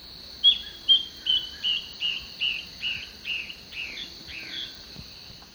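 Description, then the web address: Yellow-browed antbird singing about ten whistled notes in a row that gradually drop in pitch and soften, over a steady high hiss. Eastern Lowlands, South America. "Natures Songs S America Eastern Lowlands Yellow-browed Antbird"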